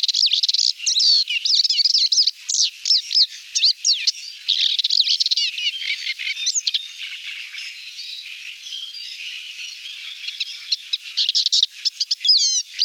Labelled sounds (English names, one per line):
Paddyfield Warbler song